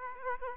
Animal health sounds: mosquito wingbeat signal from an infrared sensor; Aedes aegypti

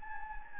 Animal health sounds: mosquito wingbeat signal from an infrared sensor; Anopheles gambiae

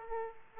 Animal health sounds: mosquito wingbeat signal from an infrared sensor; Aedes aegypti

